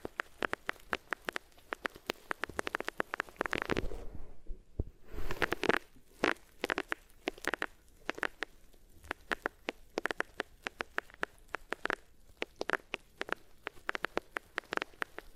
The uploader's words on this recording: ASMR Sensitive Sleep Inducing Triggers Rubbing Your Ears on Different Materials (No Talking).